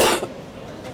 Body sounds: coughing mixed with background sound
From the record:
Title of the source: 61 morning phlegmy cough...again

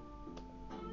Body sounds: background sound without coughing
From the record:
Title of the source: BackgroundMusic3

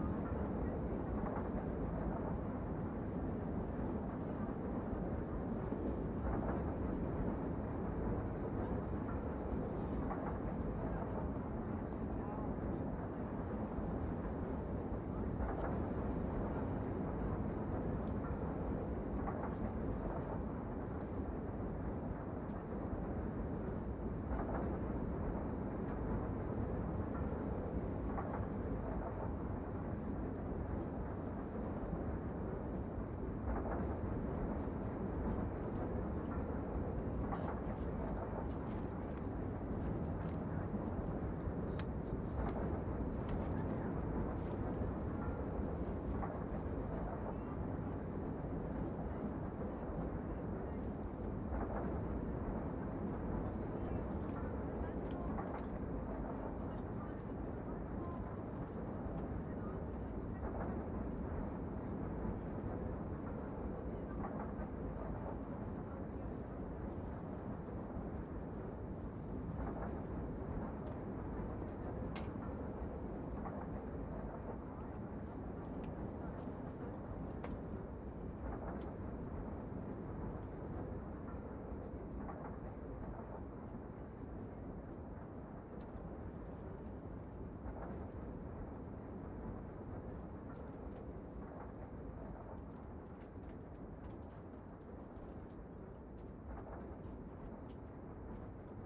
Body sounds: background sound without coughing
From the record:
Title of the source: Train Ride Ambience ambient white noise for sleeping, focus, studying, reading

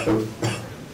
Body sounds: coughing mixed with background sound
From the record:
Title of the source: Cough Around the Clock!

